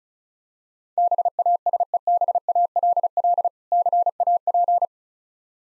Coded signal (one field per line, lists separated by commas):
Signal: Morse code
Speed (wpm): 36 wpm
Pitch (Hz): 700 Hz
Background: none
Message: BASEBALL CAP